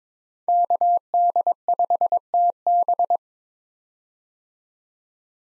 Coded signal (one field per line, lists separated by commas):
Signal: Morse code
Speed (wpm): 22 wpm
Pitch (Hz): 700 Hz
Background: none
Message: KD5TB